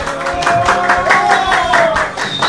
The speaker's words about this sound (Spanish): ¡Fuerte el aplauso!